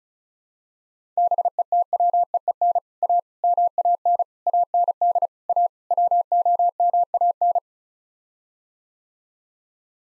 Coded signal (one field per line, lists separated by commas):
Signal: Morse code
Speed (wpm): 34 wpm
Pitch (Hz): 700 Hz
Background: none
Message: BETWEEN A MAN AND A WOMAN